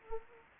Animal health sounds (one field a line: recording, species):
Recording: mosquito wingbeat signal from an infrared sensor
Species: Anopheles arabiensis